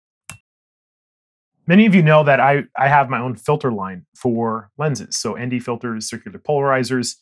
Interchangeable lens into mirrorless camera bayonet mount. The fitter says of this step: take that put it back on rotate it until we hear it click